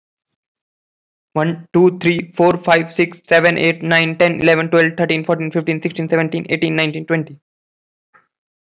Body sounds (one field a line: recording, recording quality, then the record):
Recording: counting at a fast pace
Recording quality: excellent, no background noise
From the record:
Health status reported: healthy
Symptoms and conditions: none ticked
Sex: male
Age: 25 years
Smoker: not ticked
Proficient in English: yes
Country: India